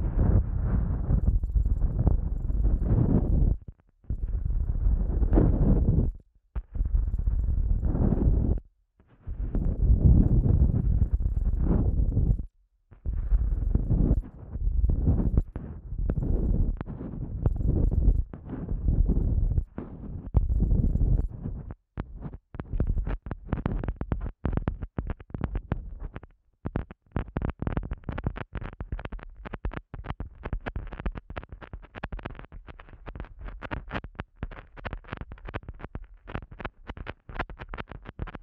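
Soft, muffled rubbing against the ear in an eardrum massage, heavy and low for the first twenty seconds, broken by brief silences. After that the sound turns into rapid, crisp tapping and scratching, dense and irregular, brighter than before, continuing to the end.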